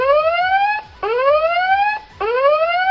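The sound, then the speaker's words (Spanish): A timer alarm goes off, repeating a loud, rising electronic whoop about every second, with each bright, buzzy tone sweeping upward before restarting. No voices are heard. “Está muy mierda, ya, se acabó el tiempo. No, eso, no he ido a la pinche alarma.”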